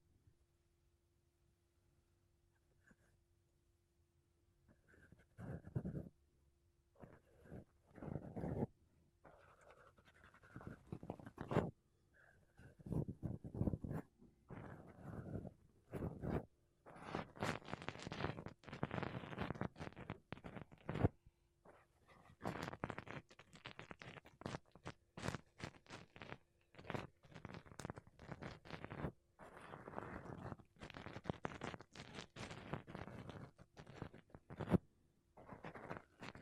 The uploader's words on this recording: ASMR Mic Brushing Using Makeup Brushes and Sponge (No Talking).